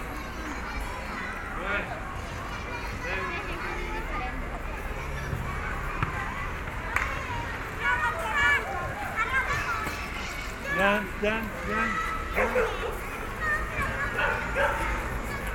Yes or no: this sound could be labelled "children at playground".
yes